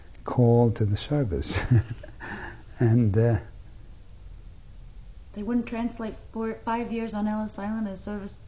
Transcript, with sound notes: called to the service. (He laughs.)
They wouldn't translate four, five years on Ellis Island as service?